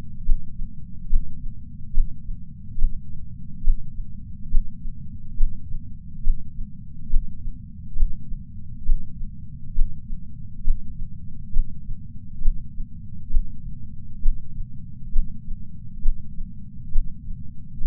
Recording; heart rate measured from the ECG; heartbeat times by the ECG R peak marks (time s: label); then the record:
heart sounds by patch sensor on the chest; 68 bpm
0.25 s: heartbeat
1.09 s: heartbeat
1.94 s: heartbeat
2.78 s: heartbeat
3.63 s: heartbeat
4.51 s: heartbeat
5.37 s: heartbeat
6.23 s: heartbeat
7.10 s: heartbeat
7.96 s: heartbeat
8.85 s: heartbeat
9.75 s: heartbeat
10.64 s: heartbeat
11.53 s: heartbeat
12.42 s: heartbeat
13.30 s: heartbeat
14.22 s: heartbeat
15.12 s: heartbeat
16.02 s: heartbeat
16.92 s: heartbeat
17.81 s: heartbeat
From the record:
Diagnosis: coronary artery disease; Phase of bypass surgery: intraoperative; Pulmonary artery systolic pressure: 28 mmHg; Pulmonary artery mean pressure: 20 mmHg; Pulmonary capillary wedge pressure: 13 mmHg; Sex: male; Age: 57 years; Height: 172 cm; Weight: 86 kg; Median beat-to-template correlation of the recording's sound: 0.92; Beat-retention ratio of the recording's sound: 0.99